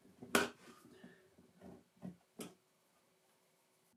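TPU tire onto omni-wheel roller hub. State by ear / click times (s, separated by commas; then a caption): seated / 0.3 s. A tight, flexible 3D-printed TPU tire is worked onto a small printed omni-wheel roller hub (which holds bearings) with pliers, then pushed down hard until a lump on the hub locks into the tire. A sharp, loud snap at 0.4 s marks the tire seating. Softer handling knocks follow around 1.7 s, 2.1 s and 2.4 s before the clip goes quiet.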